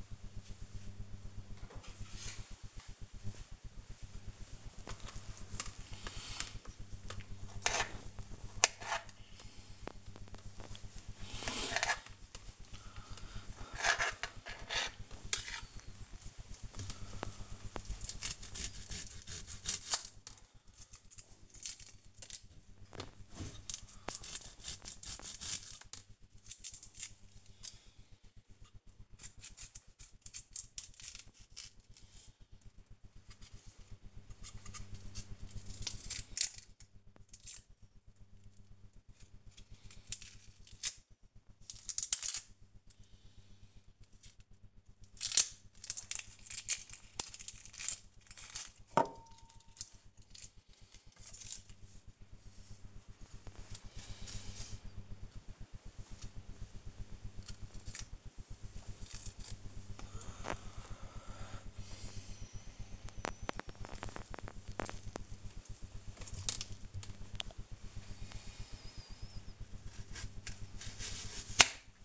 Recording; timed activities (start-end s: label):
household activities, microphone on the right wrist
1.64-72.05 s: cutting vegetables